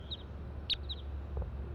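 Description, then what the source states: Crossbill calls: a few brief chip notes scattered throughout, one stronger note in the middle, over steady low-pitched background noise. Wild crossbill, bird 140, recorded around 7:20 near a net below treetops.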